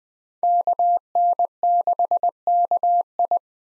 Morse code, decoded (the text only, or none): KN6KI